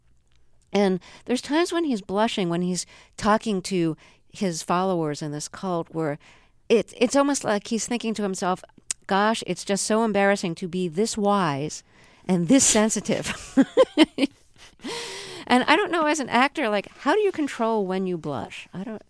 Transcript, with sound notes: And there's times when he's blushing when he's talking to his followers in this cult where it's almost like he's thinking to himself: Gosh, it's just so embarrassing to be this wise and this sensitive.
(LAUGHTER)
And I don't know, as an actor, like, how do you control when you blush.